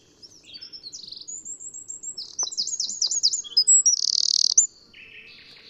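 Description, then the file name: Eurasian wren song running over four seconds, with high twittering notes speeding into rattling trills and ending in a dense buzzy trill before stopping abruptly. "Troglodytes troglodytes"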